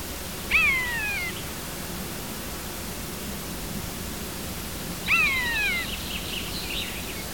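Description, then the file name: Common buzzard with two short descending mews about four and a half seconds apart, the second followed by faint high chirps, over a constant hissing background. "Poiana"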